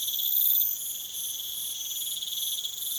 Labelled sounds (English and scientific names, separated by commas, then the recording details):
none
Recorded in pastures near Puerto Asís, Putumayo, Colombia, on 19 June 2025 at 01:30
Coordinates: 0.487, -76.322
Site H26